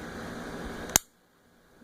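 A steel thumb safety on a Rock Island 1911 pistol is pushed down over the plunger during reassembly, snapping into place in the frame with a sharp, bright click at 1.0 s. Steady background noise fills the clip before the click, then drops to near silence, with a faint rise at the very end. The safety is seated.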